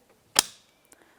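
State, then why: Seated. A blue electrical wiring connector is pushed and locked onto the front interior door handle of a 2009-2019 Ford Flex. It gives one sharp, bright click at 0.4 s, followed by a few faint ticks around 0.9 s. The connector is seated and secured.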